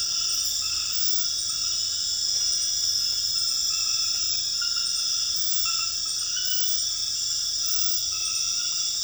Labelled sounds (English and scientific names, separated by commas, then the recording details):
none
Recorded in dense forest near Puerto Asís, Putumayo, Colombia, on 8 March 2025 at 23:00
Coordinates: 0.484, -76.325
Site G045